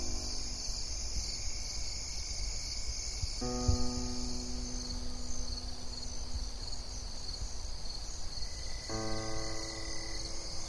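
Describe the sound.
Cricket chirping faint and continuous beneath a thick high insect chorus, with strong low rumble throughout and tonal drones for most.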